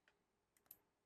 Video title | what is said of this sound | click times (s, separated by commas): "Unboxing & Installing the TP-Link EAP610: Boost Your Wi-Fi with Gigabit Speeds! 🚀" | I heard the click, and there you go. | 0.7 s